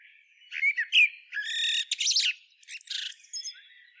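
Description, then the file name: Common blackbird producing high, strained squeaky notes and a buzzy, rasping twitter, ending in thinner squeaks. "Turdus merula"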